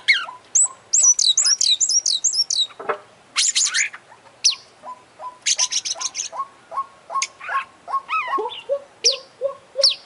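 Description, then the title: Oriental magpie-robin song: high whistled slurs and sweeping notes over a steady run of short clipped notes repeated several times a second. Champion bird singing prolifically ('gacor'); part of a selected compilation of tutoring bird songs ('masteran'). "Kacer Juara Gacor"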